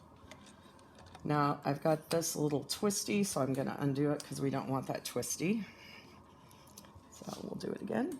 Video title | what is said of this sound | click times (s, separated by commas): Feeding Pump Use SD 480p | it clicks right into place | 0.3 s